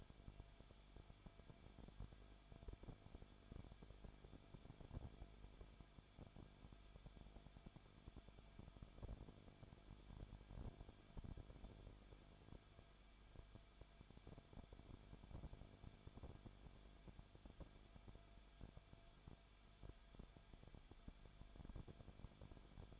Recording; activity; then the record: daily activity, microphone in the room; no activity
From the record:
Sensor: 5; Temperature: 20.4 degrees Celsius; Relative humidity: 39.7%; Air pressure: 1010.8 hPa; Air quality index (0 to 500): 165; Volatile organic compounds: 15 ppm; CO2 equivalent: 2491 ppm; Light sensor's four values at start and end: 2/3/1/1 and 2/3/1/1